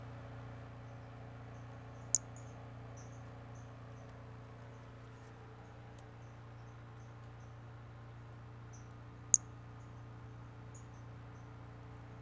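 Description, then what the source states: Brachycephalus albolineatus producing sparse, faint, high-pitched chirps with two sharp clicks and a continuous low hum throughout. Individual 11, unvouchered.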